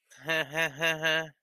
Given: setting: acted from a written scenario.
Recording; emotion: vocal sound without words; embarrassment